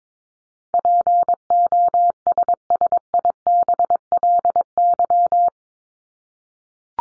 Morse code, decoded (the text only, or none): POSSIBLY